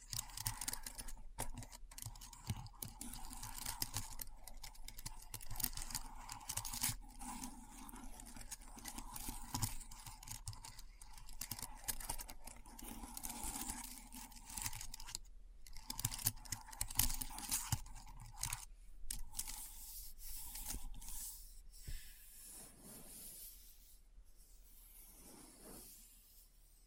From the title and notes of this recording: ASMR Keyboard Sounds (No Talking).